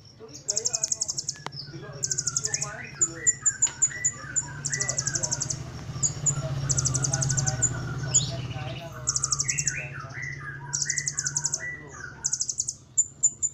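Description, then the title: Small bird song of repeated high buzzy trills and sharp chirps alternating with lower warbling notes, over a constant low hum. "Burung Kecil 1"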